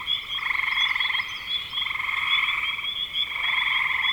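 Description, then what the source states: Frogs calling in a chorus, buzzy pulsed trills in bursts with short breaks, a steady high whining tone running throughout. Recorded in spring 2025.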